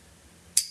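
A slipjoint folding knife blade, on a properly tuned gentleman's knife, is worked into position against its backspring detent. After a faint low hum, a single sharp, bright click sounds at 0.6 s and trails off quickly, as the blade snaps into place and seats.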